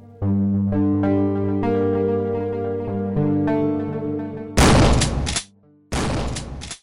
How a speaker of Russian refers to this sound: Мерно бухала выстрелами берданка, оглушая приемную комиссию, собравшуюся в том же составе.